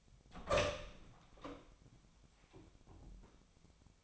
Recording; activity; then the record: daily activity, microphone in the room; open door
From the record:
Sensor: 1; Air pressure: 1007.2 hPa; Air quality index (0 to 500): 200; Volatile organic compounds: 20 ppm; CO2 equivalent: 2700 ppm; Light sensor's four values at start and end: 13/32/13/14 and 13/33/13/15